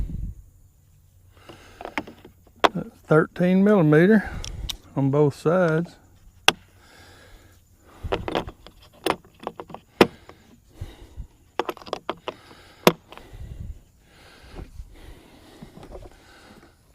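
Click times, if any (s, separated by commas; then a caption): 6.5 s, 8.1 s, 9.1 s, 10.0 s, 11.6 s, 12.9 s. Someone talks while metal sockets are pushed back onto the clips of a socket organizer rail. Sharp clicks are heard at 6.5, 8.1, 9.1, 10.0, 11.6 and 12.9 seconds as each socket snaps into place, and the sockets end up seated on the rail.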